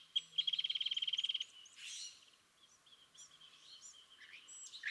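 California thrasher giving a quick, even rattling trill lasting about a second, followed by softer scattered notes.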